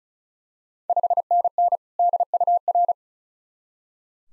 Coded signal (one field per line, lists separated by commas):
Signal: Morse code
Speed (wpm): 36 wpm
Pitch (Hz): 700 Hz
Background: none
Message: 5NN DUR